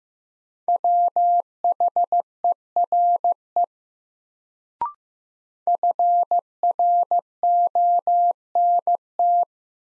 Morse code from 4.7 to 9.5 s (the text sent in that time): FRONT